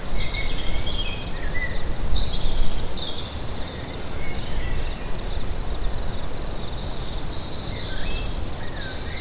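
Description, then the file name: Continuous high cricket trilling with scattered short bird whistles, above a loud, fluctuating low rumble. Crickets recorded together with birds at Lacoux on 22 May 2016, using an MZ-N710. "Grillons et oiseaux Lacoux 22 05 16"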